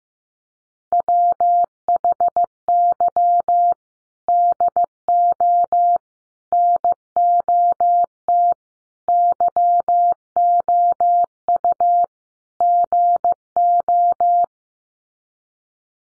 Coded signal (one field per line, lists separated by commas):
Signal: Morse code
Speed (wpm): 14 wpm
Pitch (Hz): 700 Hz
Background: none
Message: WHY DO NOT YOU GO